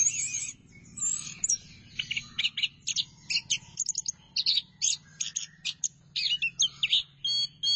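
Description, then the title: Thrush song of rapid, clipped high notes in a long stuttering series, over a steady low hum. "burung anis x"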